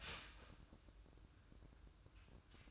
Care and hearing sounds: daily activity, microphone in the room; start toaster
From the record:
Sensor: 2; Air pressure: 1007.1 hPa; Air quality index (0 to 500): 39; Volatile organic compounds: 1 ppm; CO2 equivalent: 538 ppm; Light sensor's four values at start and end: 6/13/5/5 and 6/13/5/6

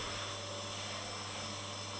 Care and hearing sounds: daily activity, microphone in the room; vacuum cleaning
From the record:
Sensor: 4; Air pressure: 1000.9 hPa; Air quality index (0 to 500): 138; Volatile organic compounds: 2 ppm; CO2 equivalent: 1024 ppm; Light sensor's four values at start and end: 29/69/29/31 and 29/69/29/31

